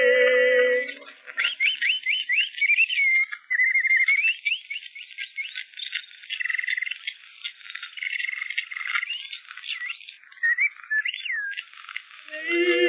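Bird song: a fast, varied run of whistled notes, slurred rising and falling phrases and chirps, sometimes repeated, with brief lower tonal sounds at the start and end.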